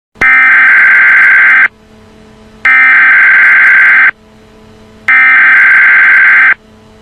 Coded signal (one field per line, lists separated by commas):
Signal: Emergency Alert System (SAME) tones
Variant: header bursts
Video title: What if a nuclear bomb eas interupts the Simpsons (eas scenario)